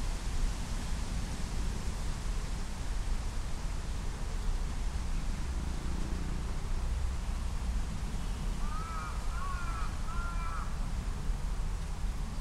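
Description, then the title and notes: Crow giving three hoarse, harmonic caws in quick succession near the end, over steady loud noise. Recorded on a Sunday afternoon with a Sony PCM-M10 recorder and Micbooster Clippy EM172 stereo mics attached to a bicycle handlebar bag. "crow (karasu, カラス)"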